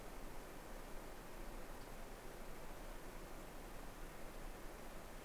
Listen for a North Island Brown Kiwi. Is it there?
no